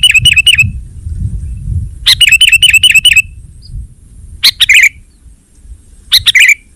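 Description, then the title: Sooty-headed bulbul song: fast runs of repeated bright notes followed by two shorter slurred phrases, with faint low rumble. "kutilang"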